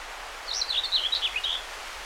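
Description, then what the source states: Common whitethroat uttering one short, scratchy warbled phrase, high-pitched and jumbled, partly blurred by a steady background hiss. Recorded 20 May 2009.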